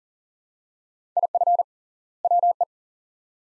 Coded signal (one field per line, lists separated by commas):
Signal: Morse code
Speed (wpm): 40 wpm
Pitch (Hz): 700 Hz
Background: none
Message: IF WE